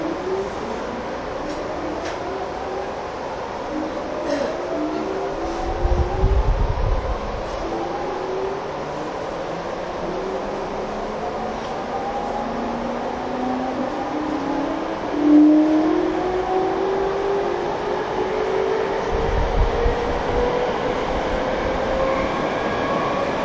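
A TWR 70-000 series train on the Saikyo Line rapid, between Shin-Kiba and Akabane, runs with a steady rumble under rising and falling motor whines that sweep upward in pitch. Low thumps come around 6 and 19 seconds, with a brief clunk near 15.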